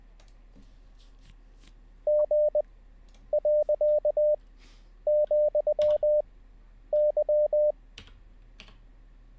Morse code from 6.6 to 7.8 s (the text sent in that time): Y